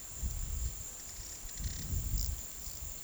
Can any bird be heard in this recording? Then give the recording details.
no. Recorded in pastures near Puerto Asís, Putumayo, Colombia, on 19 February 2024 at 14:30. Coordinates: 0.466, -76.323. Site G6384